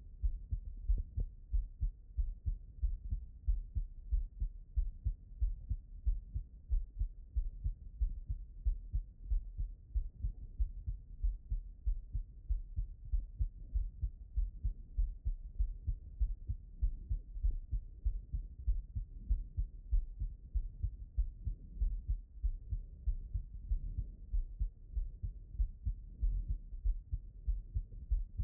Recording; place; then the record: heart sounds by stethoscope; pulmonary valve (PV)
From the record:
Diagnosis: non-HFrEF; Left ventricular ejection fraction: 66%